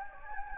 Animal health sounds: mosquito wingbeat signal from an infrared sensor; Anopheles gambiae

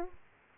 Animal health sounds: mosquito wingbeat signal from an infrared sensor; Aedes aegypti

